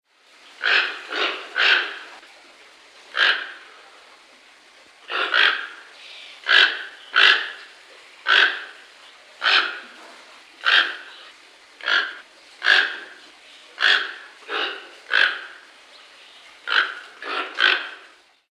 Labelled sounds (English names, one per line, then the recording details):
Toco Toucan
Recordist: Tembrock, Günter
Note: Rufe